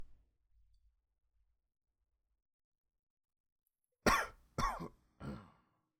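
An adult gives three short, polite coughs in quick succession after a few seconds of near silence.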